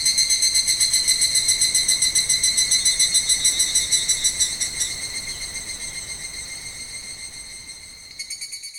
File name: Higurashi